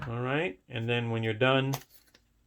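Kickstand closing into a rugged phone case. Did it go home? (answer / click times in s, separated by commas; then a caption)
no / none. Someone talks while handling the kickstand of a rugged Samsung Note 20 Ultra phone case, about to close it back against the case. A faint tick is heard around 2.2 s after the speech stops. The kickstand has not clicked back into place yet.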